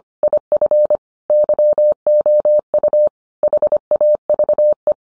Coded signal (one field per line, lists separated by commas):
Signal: Morse code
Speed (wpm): 25 wpm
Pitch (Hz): 600 Hz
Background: none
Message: IF YOU HAVE